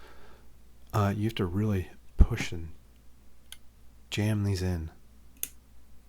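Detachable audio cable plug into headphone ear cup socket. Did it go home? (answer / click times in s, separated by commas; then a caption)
yes / 5.4 s. Someone talks while pushing the braided cable's 3.5 mm plug hard into the ear cup socket of Roseselsa 'Distant Mountain' on-ear headphones, which takes an unusual amount of force. A single sharp click at 5.4 s marks the plug seating in the jack.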